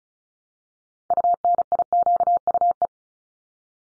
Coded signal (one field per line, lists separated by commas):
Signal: Morse code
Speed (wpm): 34 wpm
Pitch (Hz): 700 Hz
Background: none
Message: UNIQUE